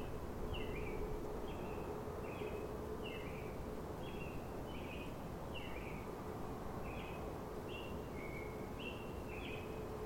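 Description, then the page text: American Robin singing short whistled, slurred phrases in a steady run, partly masked by a strong low rumble and a constant hum. Sung in the morning. "American Robin greets The Morning. Vytautas Bucionis"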